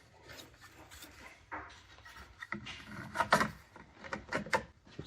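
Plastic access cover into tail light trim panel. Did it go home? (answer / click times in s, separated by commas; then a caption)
yes / 2.5 s, 3.3 s, 4.5 s. A plastic interior access cover behind the tail light of a 2015–2021 Kia Sedona is pushed back onto the tail light trim panel, and each tab snaps into place. Scraping and rubbing of plastic lead up to sharp snaps at 2.5, 3.3 and 4.5 seconds. The cover is seated.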